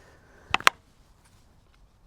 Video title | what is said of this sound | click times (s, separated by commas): Most RV Owners Ignore This RV Battery Maintenance | pop it back on, you'll hear the clicks. | 0.5 s, 0.7 s